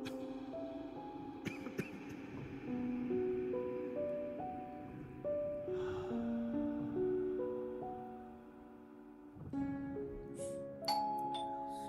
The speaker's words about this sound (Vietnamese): Tiếng chuông cửa dồn dập cùng giọng nói khẩn khoản của người bên ngoài